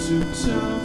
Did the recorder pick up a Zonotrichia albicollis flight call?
no